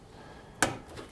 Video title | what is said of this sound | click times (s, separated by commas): System Build 16 - LIVE Build - Customer Build | And that's it. Just snaps in place. | 0.6 s